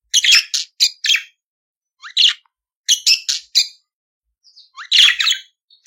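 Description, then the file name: Budgerigar warbling in short clusters of harsh, buzzy chirps and clicks, broken by brief silences, with a few thin rising squeaks between the bursts. "Canto do periquito australiano"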